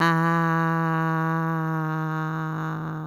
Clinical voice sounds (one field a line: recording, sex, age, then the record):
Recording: sustained vowel /a/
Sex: female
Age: 50 to 59 years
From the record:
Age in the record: 54 years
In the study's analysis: included